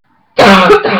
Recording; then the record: coughing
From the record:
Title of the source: Barking cough - # 10